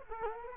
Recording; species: mosquito wingbeat signal from an infrared sensor; Culex quinquefasciatus